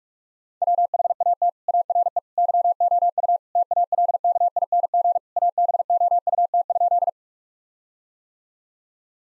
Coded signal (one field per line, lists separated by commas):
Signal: Morse code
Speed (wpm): 41 wpm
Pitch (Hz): 700 Hz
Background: none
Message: WHAT ARE YOU TALKING ABOUT?